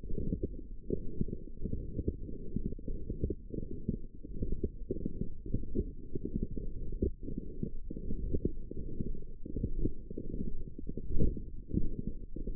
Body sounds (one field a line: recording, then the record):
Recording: forearm muscle sounds (acoustic myography)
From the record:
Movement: forearm supination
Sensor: system 1, eight BSWA MPA416 microphones around the upper forearm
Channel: 5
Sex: female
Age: 21 years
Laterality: right